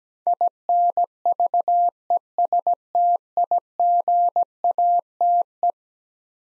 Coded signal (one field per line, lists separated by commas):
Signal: Morse code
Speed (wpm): 17 wpm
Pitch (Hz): 700 Hz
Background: none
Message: INVESTIGATE